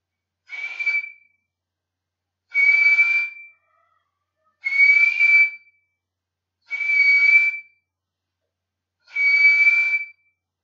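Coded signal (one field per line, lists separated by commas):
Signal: whistled language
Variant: Silbo Gomero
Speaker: esta letra no me sale bien vamos así por ejemplo de nuevo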